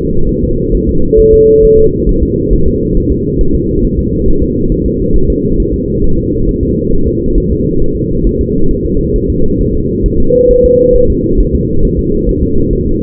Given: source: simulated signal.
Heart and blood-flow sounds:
fetal heart sounds
0.29 s: S1
0.44 s: S2
0.75 s: S1
0.89 s: S2
1.20 s: S1
1.34 s: S2
1.65 s: S1
1.79 s: S2
2.09 s: S1
2.23 s: S2
2.53 s: S1
2.68 s: S2
2.97 s: S1
3.12 s: S2
3.41 s: S1
3.55 s: S2
3.85 s: S1
3.99 s: S2
4.28 s: S1
4.42 s: S2
4.72 s: S1
4.86 s: S2
5.16 s: S1
5.30 s: S2
5.60 s: S1
5.74 s: S2
6.04 s: S1
6.19 s: S2
6.49 s: S1
6.63 s: S2
6.93 s: S1
7.07 s: S2
7.38 s: S1
7.52 s: S2
7.82 s: S1
7.96 s: S2
8.27 s: S1
8.41 s: S2
8.71 s: S1
8.85 s: S2
9.16 s: S1
9.30 s: S2
9.61 s: S1
9.75 s: S2
10.06 s: S1
10.20 s: S2
10.51 s: S1
10.65 s: S2
10.96 s: S1
11.10 s: S2
11.40 s: S1
11.55 s: S2
11.85 s: S1
11.99 s: S2
12.29 s: S1
12.43 s: S2
12.73 s: S1
12.87 s: S2
From the record:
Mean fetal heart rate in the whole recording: 135 bpm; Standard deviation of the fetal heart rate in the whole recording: 3 bpm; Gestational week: 36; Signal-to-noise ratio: -17.7 dB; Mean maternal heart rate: 72 bpm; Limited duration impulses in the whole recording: present

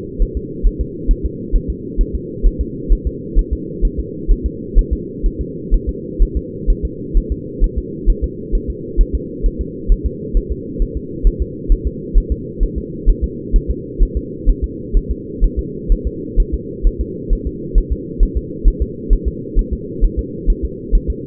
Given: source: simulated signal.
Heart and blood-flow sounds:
fetal heart sounds
0.22 s: S1
0.37 s: S2
0.67 s: S1
0.81 s: S2
1.11 s: S1
1.25 s: S2
1.56 s: S1
1.70 s: S2
2.01 s: S1
2.15 s: S2
2.47 s: S1
2.61 s: S2
2.93 s: S1
3.07 s: S2
3.39 s: S1
3.53 s: S2
3.85 s: S1
4.00 s: S2
4.31 s: S1
4.46 s: S2
4.78 s: S1
4.93 s: S2
5.26 s: S1
5.41 s: S2
5.74 s: S1
5.89 s: S2
6.23 s: S1
6.37 s: S2
6.70 s: S1
6.85 s: S2
7.17 s: S1
7.32 s: S2
7.64 s: S1
7.78 s: S2
8.10 s: S1
8.24 s: S2
8.55 s: S1
8.70 s: S2
9.01 s: S1
9.15 s: S2
9.46 s: S1
9.61 s: S2
9.92 s: S1
10.06 s: S2
10.37 s: S1
10.52 s: S2
10.82 s: S1
10.97 s: S2
11.27 s: S1
11.42 s: S2
11.72 s: S1
11.87 s: S2
12.18 s: S1
12.32 s: S2
12.63 s: S1
12.78 s: S2
13.09 s: S1
13.24 s: S2
13.56 s: S1
13.71 s: S2
14.03 s: S1
14.17 s: S2
14.49 s: S1
14.64 s: S2
14.97 s: S1
15.11 s: S2
15.44 s: S1
15.59 s: S2
15.92 s: S1
16.07 s: S2
16.40 s: S1
16.54 s: S2
16.87 s: S1
17.01 s: S2
17.33 s: S1
17.47 s: S2
17.78 s: S1
17.93 s: S2
18.23 s: S1
18.37 s: S2
18.68 s: S1
18.82 s: S2
19.13 s: S1
19.28 s: S2
19.59 s: S1
19.73 s: S2
20.05 s: S1
20.19 s: S2
20.50 s: S1
20.65 s: S2
20.95 s: S1
21.10 s: S2
From the record:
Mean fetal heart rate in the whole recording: 130 bpm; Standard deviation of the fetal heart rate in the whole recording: 4 bpm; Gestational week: 38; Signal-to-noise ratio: -4.1 dB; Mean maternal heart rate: no maternal heart sound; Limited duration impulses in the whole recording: absent

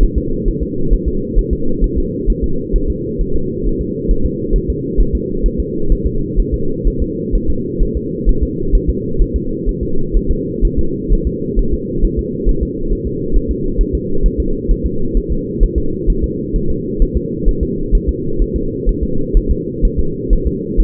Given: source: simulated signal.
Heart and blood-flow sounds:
fetal heart sounds
0.03 s: S1
0.18 s: S2
0.48 s: S1
0.63 s: S2
0.93 s: S1
1.08 s: S2
1.39 s: S1
1.53 s: S2
1.84 s: S1
1.98 s: S2
2.30 s: S1
2.44 s: S2
2.76 s: S1
2.90 s: S2
3.21 s: S1
3.36 s: S2
3.67 s: S1
3.81 s: S2
4.11 s: S1
4.26 s: S2
4.56 s: S1
4.70 s: S2
5.00 s: S1
5.15 s: S2
5.46 s: S1
5.60 s: S2
5.92 s: S1
6.07 s: S2
6.40 s: S1
6.54 s: S2
6.88 s: S1
7.02 s: S2
7.35 s: S1
7.50 s: S2
7.83 s: S1
7.97 s: S2
8.29 s: S1
8.43 s: S2
8.75 s: S1
8.89 s: S2
9.22 s: S1
9.36 s: S2
9.69 s: S1
9.83 s: S2
10.16 s: S1
10.31 s: S2
10.65 s: S1
10.79 s: S2
11.13 s: S1
11.27 s: S2
11.59 s: S1
11.74 s: S2
12.05 s: S1
12.19 s: S2
12.49 s: S1
12.63 s: S2
12.93 s: S1
13.07 s: S2
13.36 s: S1
13.51 s: S2
13.81 s: S1
13.95 s: S2
14.26 s: S1
14.40 s: S2
14.71 s: S1
14.86 s: S2
15.17 s: S1
15.32 s: S2
15.63 s: S1
15.78 s: S2
16.10 s: S1
16.24 s: S2
16.56 s: S1
16.70 s: S2
17.02 s: S1
17.17 s: S2
17.48 s: S1
17.63 s: S2
17.95 s: S1
18.09 s: S2
18.42 s: S1
18.56 s: S2
18.89 s: S1
19.03 s: S2
19.37 s: S1
19.51 s: S2
19.85 s: S1
19.99 s: S2
20.33 s: S1
20.47 s: S2
20.80 s: S1
From the record:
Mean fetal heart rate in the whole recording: 130 bpm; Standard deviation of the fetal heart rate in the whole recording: 4 bpm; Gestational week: 38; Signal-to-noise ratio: -8.1 dB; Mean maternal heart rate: 72 bpm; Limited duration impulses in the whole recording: present

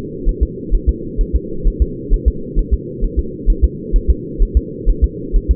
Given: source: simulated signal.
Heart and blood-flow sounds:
fetal heart sounds
0.29 s: S1
0.43 s: S2
0.75 s: S1
0.89 s: S2
1.21 s: S1
1.36 s: S2
1.68 s: S1
1.82 s: S2
2.14 s: S1
2.28 s: S2
2.59 s: S1
2.74 s: S2
3.04 s: S1
3.19 s: S2
3.50 s: S1
3.64 s: S2
3.96 s: S1
4.10 s: S2
4.43 s: S1
4.57 s: S2
4.89 s: S1
5.04 s: S2
5.36 s: S1
5.51 s: S2
From the record:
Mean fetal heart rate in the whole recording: 130 bpm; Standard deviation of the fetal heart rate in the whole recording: 4 bpm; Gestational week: 38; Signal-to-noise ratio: -4.3 dB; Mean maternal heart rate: 72 bpm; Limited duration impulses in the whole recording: present

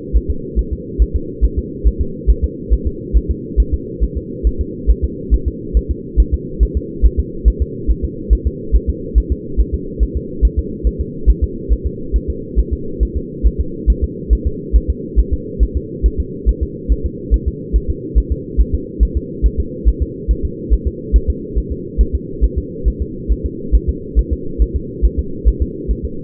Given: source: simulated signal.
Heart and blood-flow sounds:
fetal heart sounds
0.17 s: S1
0.31 s: S2
0.59 s: S1
0.73 s: S2
1.02 s: S1
1.16 s: S2
1.45 s: S1
1.59 s: S2
1.87 s: S1
2.01 s: S2
2.30 s: S1
2.44 s: S2
2.73 s: S1
2.87 s: S2
3.17 s: S1
3.31 s: S2
3.60 s: S1
3.74 s: S2
4.04 s: S1
4.17 s: S2
4.47 s: S1
4.61 s: S2
4.91 s: S1
5.05 s: S2
5.34 s: S1
5.48 s: S2
5.77 s: S1
5.91 s: S2
6.20 s: S1
6.34 s: S2
6.63 s: S1
6.77 s: S2
7.06 s: S1
7.20 s: S2
7.48 s: S1
7.62 s: S2
7.91 s: S1
8.05 s: S2
8.33 s: S1
8.47 s: S2
8.76 s: S1
8.90 s: S2
9.18 s: S1
9.32 s: S2
9.60 s: S1
9.74 s: S2
10.03 s: S1
10.17 s: S2
10.45 s: S1
10.59 s: S2
10.87 s: S1
11.01 s: S2
11.30 s: S1
11.44 s: S2
11.73 s: S1
11.87 s: S2
12.16 s: S1
12.30 s: S2
12.59 s: S1
12.73 s: S2
13.03 s: S1
13.17 s: S2
13.47 s: S1
13.61 s: S2
13.90 s: S1
14.04 s: S2
14.33 s: S1
14.47 s: S2
14.76 s: S1
14.90 s: S2
15.20 s: S1
15.33 s: S2
15.63 s: S1
15.77 s: S2
16.06 s: S1
16.20 s: S2
16.49 s: S1
16.63 s: S2
16.92 s: S1
17.06 s: S2
17.34 s: S1
17.48 s: S2
17.76 s: S1
17.90 s: S2
18.18 s: S1
18.32 s: S2
18.61 s: S1
18.75 s: S2
19.03 s: S1
19.17 s: S2
19.46 s: S1
19.60 s: S2
19.89 s: S1
20.02 s: S2
20.31 s: S1
20.45 s: S2
20.73 s: S1
20.87 s: S2
21.16 s: S1
21.30 s: S2
21.58 s: S1
21.72 s: S2
22.01 s: S1
22.15 s: S2
22.44 s: S1
22.58 s: S2
22.88 s: S1
23.02 s: S2
23.32 s: S1
23.46 s: S2
23.75 s: S1
23.89 s: S2
24.19 s: S1
24.33 s: S2
24.62 s: S1
24.76 s: S2
25.05 s: S1
25.19 s: S2
25.48 s: S1
25.62 s: S2
25.91 s: S1
26.05 s: S2
From the record:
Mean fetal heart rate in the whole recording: 140 bpm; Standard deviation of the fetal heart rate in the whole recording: 2 bpm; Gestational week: 34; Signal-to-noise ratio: -4.3 dB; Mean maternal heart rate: 72 bpm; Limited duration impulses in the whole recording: absent

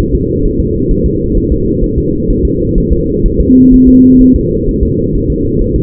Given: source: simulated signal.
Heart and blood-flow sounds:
fetal heart sounds
0.14 s: S2
0.46 s: S1
0.60 s: S2
0.91 s: S1
1.06 s: S2
1.37 s: S1
1.52 s: S2
1.84 s: S1
1.98 s: S2
2.30 s: S1
2.45 s: S2
2.78 s: S1
2.92 s: S2
3.26 s: S1
3.40 s: S2
3.74 s: S1
3.88 s: S2
4.21 s: S1
4.36 s: S2
4.69 s: S1
4.83 s: S2
5.15 s: S1
5.30 s: S2
5.62 s: S1
5.76 s: S2
From the record:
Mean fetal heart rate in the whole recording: 130 bpm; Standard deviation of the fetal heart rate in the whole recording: 4 bpm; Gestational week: 38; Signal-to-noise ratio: -14.7 dB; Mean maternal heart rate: 72 bpm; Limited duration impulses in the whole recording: present

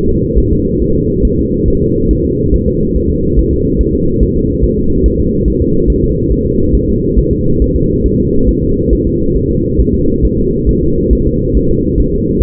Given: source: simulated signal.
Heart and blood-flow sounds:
fetal heart sounds
0.09 s: S2
0.38 s: S1
0.53 s: S2
0.82 s: S1
0.96 s: S2
1.25 s: S1
1.39 s: S2
1.68 s: S1
1.82 s: S2
2.11 s: S1
2.25 s: S2
2.54 s: S1
2.68 s: S2
2.96 s: S1
3.10 s: S2
3.39 s: S1
3.53 s: S2
3.81 s: S1
3.95 s: S2
4.23 s: S1
4.37 s: S2
4.64 s: S1
4.79 s: S2
5.06 s: S1
5.20 s: S2
5.48 s: S1
5.62 s: S2
5.90 s: S1
6.04 s: S2
6.32 s: S1
6.46 s: S2
6.75 s: S1
6.89 s: S2
7.19 s: S1
7.33 s: S2
7.62 s: S1
7.76 s: S2
8.06 s: S1
8.20 s: S2
8.49 s: S1
8.63 s: S2
8.93 s: S1
9.07 s: S2
9.36 s: S1
9.51 s: S2
9.80 s: S1
9.95 s: S2
10.25 s: S1
10.39 s: S2
10.69 s: S1
10.83 s: S2
11.13 s: S1
11.27 s: S2
11.57 s: S1
11.71 s: S2
12.00 s: S1
12.14 s: S2
12.42 s: S1
From the record:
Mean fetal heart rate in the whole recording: 140 bpm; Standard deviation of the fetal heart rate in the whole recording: 2 bpm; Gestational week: 34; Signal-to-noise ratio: -15.3 dB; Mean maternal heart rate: 72 bpm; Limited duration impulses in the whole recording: present

